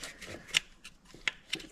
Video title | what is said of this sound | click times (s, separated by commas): Talking Nonsense While Removing the CRZ Transmission | Push this tab. You hear that click? | 1.3 s